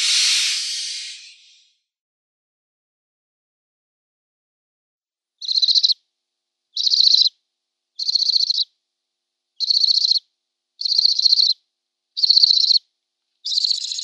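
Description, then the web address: Barn owl young: one breathy hiss, then after a pause a steady series of seven short, buzzy notes. Downy young. "Schulze Peter Barn Owl downy Young"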